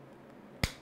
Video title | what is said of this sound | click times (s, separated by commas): Arrma Big Bore Shock Rebuild How To | hear the snap. | 0.6 s